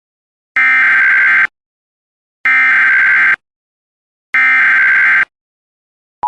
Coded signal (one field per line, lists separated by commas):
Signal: Emergency Alert System (SAME) tones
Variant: header bursts